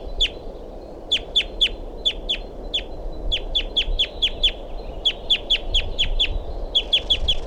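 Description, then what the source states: Crossbill giving abrupt, high kip notes in quick runs, repeated throughout over a low steady background hum. Wild male calling in the tree just above the recordist.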